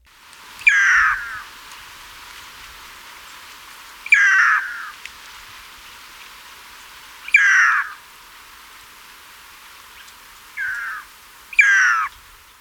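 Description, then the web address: Chestnut-crowned antpitta giving five loud, descending whistled calls, the first four about three seconds apart and the last two about a second apart, over a faint steady hiss. Recorded in Ecuador. "Birds of Ecuador 2. Chestnut-Crowned Antpitta"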